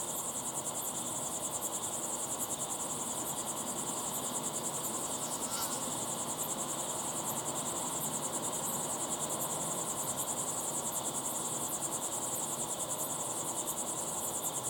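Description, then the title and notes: Cricket chorus of rapid, evenly spaced high chirps with periodic brighter accents, a brief faint sound midway, over constant hiss. Crickets chirping at sunset in the Timanfaya pyroclastic desert, Lanzarote; recorded in the field with ambisonic equipment, converted to binaural audio. "Be still and listen to the crickets at sunset in the incredible Timanfaya pyroclastic desert on the island of Lanzarote. Enjoy the calm desert sounds of chirping crickets"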